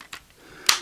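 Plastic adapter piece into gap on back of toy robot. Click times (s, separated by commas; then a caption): 0.7 s. A plastic adapter piece is pressed into a gap on the back of a toy robot figure and snaps into place. Faint ticks at 0.1 s and 0.3 s lead to one sharp, bright click at 0.7 s, and the adapter is seated.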